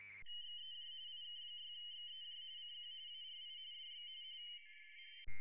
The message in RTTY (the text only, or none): XEJ IK6XEJ CQ ARI DX